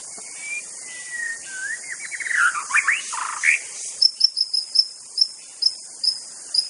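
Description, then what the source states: White-rumped shama song: long whistled notes near the start, then a rich burst of varied warbled phrases, followed by sharp high chips repeated against steady high insect buzzing. Wild bird from forest.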